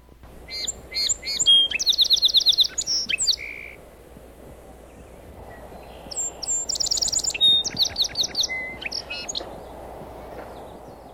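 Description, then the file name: Song sparrow singing twice: crisp introductory notes, a fast rattling trill, then a jumble of varied chips, the first song ending in a buzzy note, over soft background hiss. Song sparrow, from marsh bird survey training material. "Song Sparrow-mmp training"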